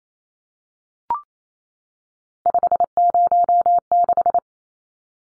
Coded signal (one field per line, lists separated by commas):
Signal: Morse code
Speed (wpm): 28 wpm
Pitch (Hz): 700 Hz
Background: none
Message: 506